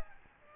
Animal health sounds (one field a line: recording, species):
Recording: mosquito wingbeat signal from an infrared sensor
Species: Aedes albopictus